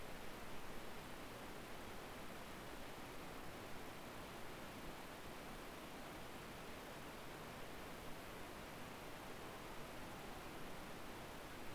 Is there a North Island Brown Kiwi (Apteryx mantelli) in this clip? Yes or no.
no